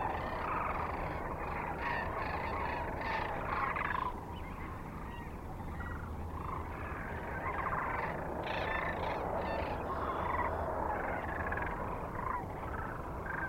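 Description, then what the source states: Sandhill cranes calling: a dense, unbroken chorus of rolling, rattling calls from a large flock, rising and falling slightly in loudness. Kearney, Nebraska, 9 March 2004, recorded with other species.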